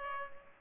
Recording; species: mosquito wingbeat signal from an infrared sensor; Culex pipiens